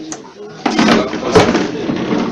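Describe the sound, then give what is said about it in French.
A chair scrapes and bumps across the floor as it is shifted into place for someone to sit on, with a sharper knock partway through and murmuring voices underneath. “Je crois que cette chaise va aller là-bas pour vous asseoir.”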